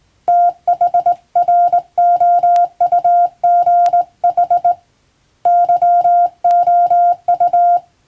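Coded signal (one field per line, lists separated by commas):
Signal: Morse code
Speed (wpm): 20 wpm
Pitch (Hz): 700 Hz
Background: none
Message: THROUGH YOU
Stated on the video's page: Morse sent on the amateur bands by a first-class radiotelegraph operator using a telegraph key, as practice.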